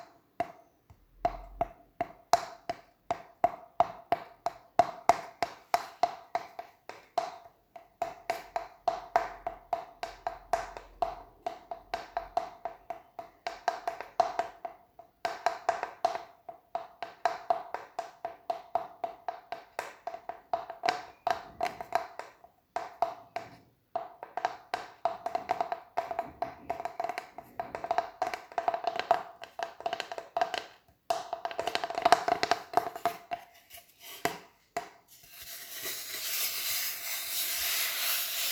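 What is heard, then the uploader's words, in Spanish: Quick, irregular tapping fills the recording, sharp dry clicks coming in dense bursts with brief pauses, over a faint steady tone in the middle range. Near the end, around 35 seconds, the tapping stops and a soft, bright hiss takes over. Tapping tomando cafecito.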